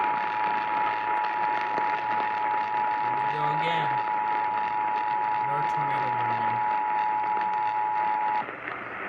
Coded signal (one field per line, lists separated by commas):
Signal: Emergency Alert System (SAME) tones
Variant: 853 and 960 Hz attention tone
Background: speech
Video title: North Texas Mayhem - EAS alerts from March 18, 2020 | EAS #73-83